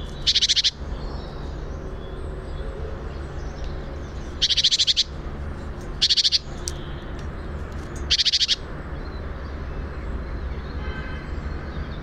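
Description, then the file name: Great tit harsh churring calls, four short buzzy rattles spaced irregularly, over a steady low background rumble. "Parus major"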